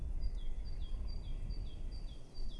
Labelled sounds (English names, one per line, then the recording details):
Great Tit
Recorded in Germany
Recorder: ecoPi